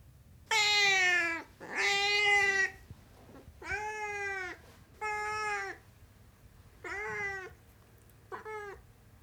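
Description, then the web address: Siamese cat meowing loudly, six long harmonic-rich wails of up to about a second each, falling slightly at the ends, with short pauses between. "BBC Sound Effects Library. Siamese Cat Meowing"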